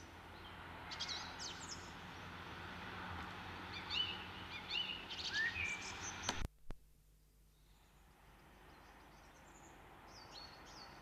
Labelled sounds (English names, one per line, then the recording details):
Common Blackbird song
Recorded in the wild
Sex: male
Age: adult
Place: Garmisch-Partenkirchen, Bayern, DE
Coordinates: 47.4856, 11.1464
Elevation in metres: 936
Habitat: mountains
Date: 1973-04-27
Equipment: Nagra IV
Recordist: Tretzel, Erwin
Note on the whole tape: Pfeiffer-Alm, am Waldrand, Garmisch-Partenkirchen: Gesang